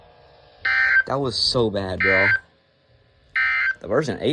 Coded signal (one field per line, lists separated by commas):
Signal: Emergency Alert System (SAME) tones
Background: speech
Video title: ILN Having a Meltdown (EAS 443)